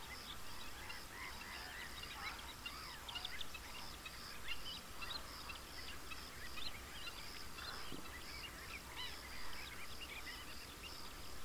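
At a pond, many birds chirp and call busily and brightly throughout, over a steady low rumble with a faint background hum.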